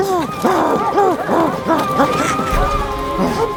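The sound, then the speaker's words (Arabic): Several dogs chasing another dog bark and yelp in a rapid, overlapping flurry of sharp, high-pitched cries, loud at first and then thinning into scattered yips over a steady background. “لماذا تطاردونني؟ أنا كلب مثلكم.”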